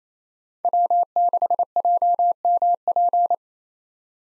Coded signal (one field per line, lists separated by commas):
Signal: Morse code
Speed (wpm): 28 wpm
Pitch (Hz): 700 Hz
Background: none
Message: W6JMP